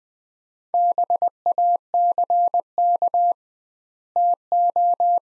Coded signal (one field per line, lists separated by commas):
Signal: Morse code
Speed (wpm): 21 wpm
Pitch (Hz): 700 Hz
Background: none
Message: BACK TO